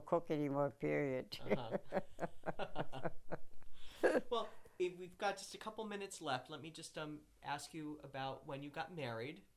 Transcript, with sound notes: I don't cook anymore, period. [Laughs]
Uh-huh. [Laughs] Well, we've got just a couple minutes left. Let me just ask you about when you got married.